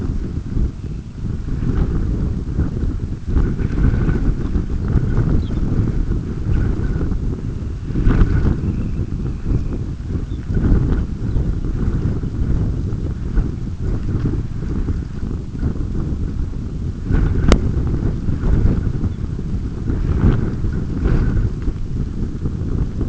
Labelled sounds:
Dunlin
unidentified sound
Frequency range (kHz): Dunlin 1.9-3.7 kHz
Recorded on Arctic tundra, site UTQI-5, on 26 June 2018
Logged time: 20:00

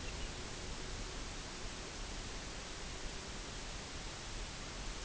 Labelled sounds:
unidentified sound
Pectoral Sandpiper
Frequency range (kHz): Pectoral Sandpiper 0.1-0.7 kHz
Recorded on Arctic tundra, site UTQI-0, on 13 June 2019
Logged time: 00:00

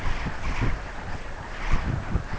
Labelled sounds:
none
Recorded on Arctic tundra, site UTQI-5, on 12 June 2019
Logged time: 08:00

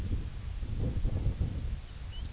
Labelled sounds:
Lapland Longspur
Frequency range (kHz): Lapland Longspur 2.6-5.0 kHz
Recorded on Arctic tundra, site IGLO-A, on 21 June 2018
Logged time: 15:59

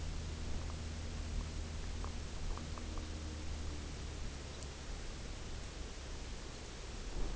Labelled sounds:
none
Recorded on Arctic tundra, site UTQI-0, on 14 June 2019
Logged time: 02:00

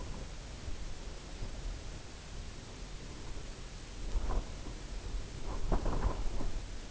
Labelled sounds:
none
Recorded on Arctic tundra, site UTQI-0, on 17 June 2019
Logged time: 22:00

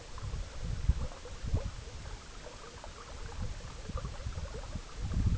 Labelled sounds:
none
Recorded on Arctic tundra, site EABA-MC, on 19 June 2019
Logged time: 22:00

